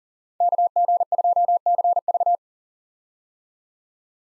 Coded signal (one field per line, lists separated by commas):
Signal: Morse code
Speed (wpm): 40 wpm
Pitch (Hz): 700 Hz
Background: none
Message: KG2CV